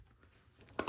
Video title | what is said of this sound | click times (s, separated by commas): Invisible Hand Lego Build - LEGO STAR WARS 25th ANNIVERSARY - Part 1 | nice satisfying snap there | 0.8 s